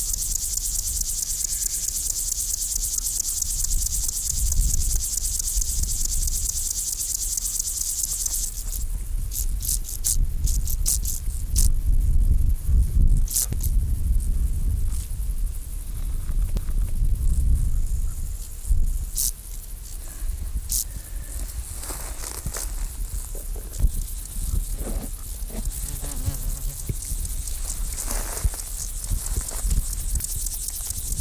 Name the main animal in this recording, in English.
Upland Field Grasshopper